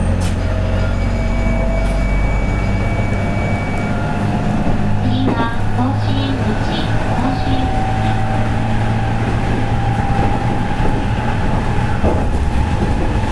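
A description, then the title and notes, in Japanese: Onboard running sound of a local electric commuter train: a dense, steady low rumble with a constant roar throughout. Thin whining tones hold and shift as the motors run, and a few sharp clicks of wheels over rail joints come around five and twelve seconds. JR207系 尼崎から住吉まで。JR西日本 207系電車の走行音です。JR神戸線の普通列車にて収録しました。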